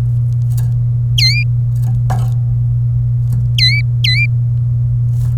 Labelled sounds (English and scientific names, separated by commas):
Domestic Canary (Serinus canaria) song